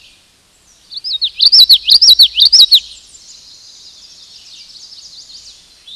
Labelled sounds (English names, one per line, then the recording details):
Common Yellowthroat song
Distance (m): 5 m
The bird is about level with the microphone
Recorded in a Pennsylvania forest on 16 May 2024 at 06:29
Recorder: AudioMoth, point MSD-2143
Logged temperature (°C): 16.0 °C
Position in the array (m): 57 m, 154 m